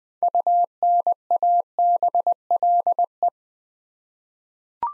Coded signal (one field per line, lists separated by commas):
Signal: Morse code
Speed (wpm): 20 wpm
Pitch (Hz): 700 Hz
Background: none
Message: UNABLE